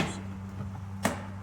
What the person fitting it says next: And that just snaps into place.